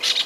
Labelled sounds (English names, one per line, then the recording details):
Brown-throated Parakeet contact call
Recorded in Venezuela
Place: Guárico; Corozopando; Fundo La Fe
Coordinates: 8.506, -67.593